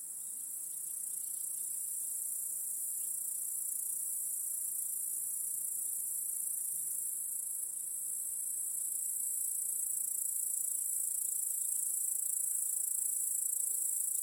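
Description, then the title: Crickets trilling in chorus, a continuous high-pitched ringing that gradually builds louder throughout. Chorus of crickets in a home backyard at night. "Crickets in Your Backyard 🏡"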